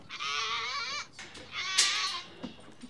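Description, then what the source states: Goat bleating: two long, wavering, nasal bleats. Goats, all male, greeted in the morning at their barn in Manitou Springs.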